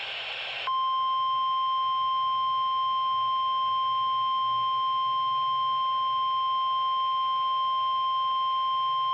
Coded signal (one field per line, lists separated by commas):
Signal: Emergency Alert System (SAME) tones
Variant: 1050 Hz attention tone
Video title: EAS #272-273: Required Weekly Test